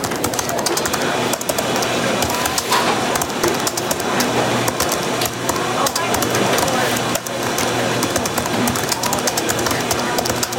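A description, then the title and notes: Cafe sounds with soft chatter running steadily throughout, voices overlapping into a dense murmur. Quick clicks and clinks of dishes sprinkle the whole stretch, with a few sharper clatters near the middle and around seven seconds. A low hum sits underneath. Cafe sounds.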